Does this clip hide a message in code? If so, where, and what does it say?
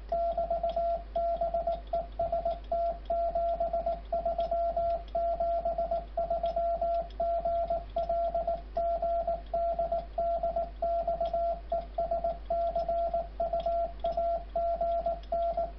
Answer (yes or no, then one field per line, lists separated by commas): yes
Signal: Morse code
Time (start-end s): 0.1-15.6 s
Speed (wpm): 19 wpm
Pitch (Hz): 680 Hz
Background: radio noise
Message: <BT> BEST 73 73 GL GD DX ES CUAGN